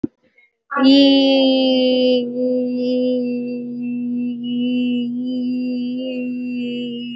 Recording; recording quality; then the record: sustained vowel as in beet; excellent, no background noise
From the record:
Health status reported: COVID-19 positive, no symptoms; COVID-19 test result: positive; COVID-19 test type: RT-PCR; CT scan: not taken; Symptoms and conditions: cough, cold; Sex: female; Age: 24 years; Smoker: no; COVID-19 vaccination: none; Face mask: worn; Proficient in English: yes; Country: India